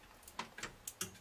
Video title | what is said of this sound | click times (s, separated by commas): How to Build Gaming Computers HD (pt.2/2) | that was the click there | 1.0 s